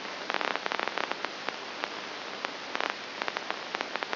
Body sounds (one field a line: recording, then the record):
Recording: brain microelectrode recording played as sound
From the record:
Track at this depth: inside the subthalamic nucleus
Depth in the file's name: 1.701 mm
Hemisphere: right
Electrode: 2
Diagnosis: Parkinson's disease